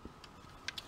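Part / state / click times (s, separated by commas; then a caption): plastic top panel into the figure body clip / partly seated / 0.7 s. A plastic top panel is pressed into its clip on the body of a Transformers Siege Voyager Optimus Prime figure, with a sharp click at 0.7 s amid softer taps around 0.2 s and 0.8 s. The panel does not clip fully home: it can be pushed further but pops back out, probably because the part is warped.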